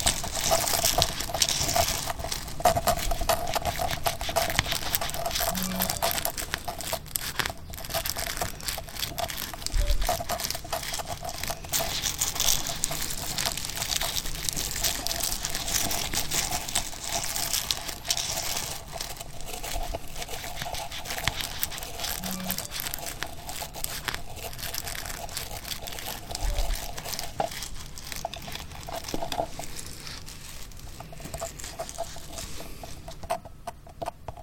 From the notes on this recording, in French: qui grattent ,frottent, machouillent